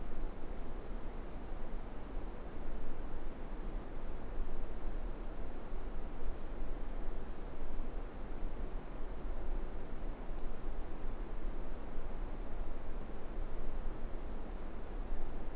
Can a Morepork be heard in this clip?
no